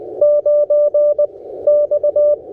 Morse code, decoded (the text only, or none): 9 X